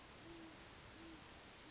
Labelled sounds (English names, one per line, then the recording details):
Great Horned Owl
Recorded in Sonoma County, California